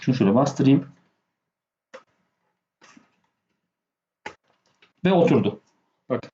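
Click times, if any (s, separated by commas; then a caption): 4.3 s. A PLC expansion module is pressed onto the side connector of an S7-1200 PLC CPU while someone talks. After a first push without the expected click, it is pushed again and snaps into place with a sharp click at 4.3 s, fully seated.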